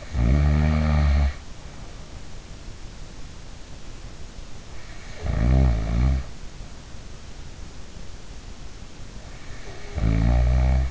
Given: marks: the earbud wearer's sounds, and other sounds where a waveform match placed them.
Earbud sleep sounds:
sounds in sleep by an in-ear microphone; snoring breath
0.00-2.13 s: snoring breath
5.09-6.44 s: snoring breath
9.75-10.91 s: snoring breath

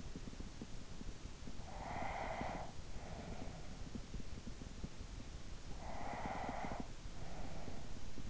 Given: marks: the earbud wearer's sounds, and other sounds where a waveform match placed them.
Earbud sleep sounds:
sounds in sleep by an in-ear microphone; breath
1.19-4.30 s: breath
5.57-8.30 s: breath

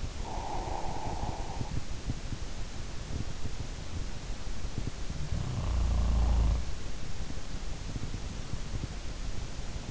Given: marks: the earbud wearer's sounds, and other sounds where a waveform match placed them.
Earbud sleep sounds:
sounds in sleep by an in-ear microphone; breath
0.00-1.94 s: breath
4.92-7.03 s: sound from someone else or the room

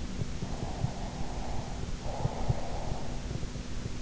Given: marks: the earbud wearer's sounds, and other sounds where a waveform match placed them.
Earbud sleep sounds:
sounds in sleep by an in-ear microphone; breath
0.58-3.12 s: breath

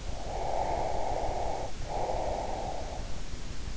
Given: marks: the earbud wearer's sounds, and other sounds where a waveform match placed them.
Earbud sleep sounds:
sounds in sleep by an in-ear microphone; breath
0.09-3.01 s: breath

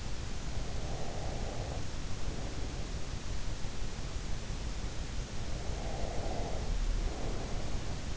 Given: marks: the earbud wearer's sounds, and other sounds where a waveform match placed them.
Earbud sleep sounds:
sounds in sleep by an in-ear microphone; breath
0.61-2.81 s: breath
5.72-8.17 s: breath

